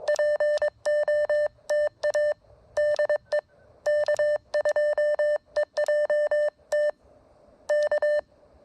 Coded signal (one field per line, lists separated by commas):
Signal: Morse code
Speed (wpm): 22 wpm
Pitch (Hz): 600 Hz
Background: none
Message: POTA DE K2EJT K